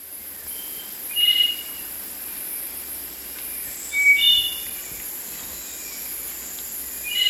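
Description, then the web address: Spotted Nightingale-Thrush giving short whistled phrases of clear, fluty notes, one phrase about every three seconds, over a steady high hiss. Recorded in Ecuador. "Natures Songs S America Birds of Ecuador Spotted Nightingale-Thrush"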